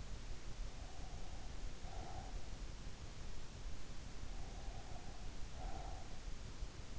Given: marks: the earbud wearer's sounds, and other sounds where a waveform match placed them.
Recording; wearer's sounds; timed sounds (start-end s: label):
sounds in sleep by an in-ear microphone; breath
0.76-2.43 s: breath
4.32-6.15 s: breath